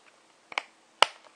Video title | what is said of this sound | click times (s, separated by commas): Homemade Mosquito Trap! - The DIY Mosquito Trap (improved!) - Easy DIY | it should snap right in | 1.0 s